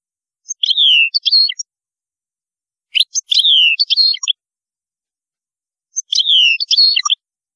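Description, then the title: European goldfinch song: three short, liquid twittering phrases with a sliding note, repeated about every three seconds, with silence between. "Chant Chardonneret"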